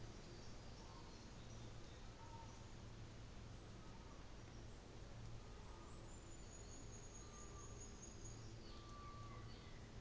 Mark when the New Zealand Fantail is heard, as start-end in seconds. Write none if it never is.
5.56-8.67